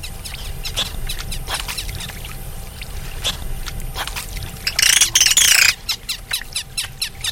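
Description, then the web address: Dolphin click trains crackle throughout, broken midway by a brief cluster of high, looping whistles, then more clicking amid underwater hiss. "doublenight dolphin"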